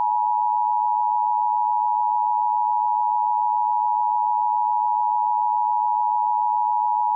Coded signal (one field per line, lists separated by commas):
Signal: Emergency Alert System (SAME) tones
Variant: 853 and 960 Hz attention tone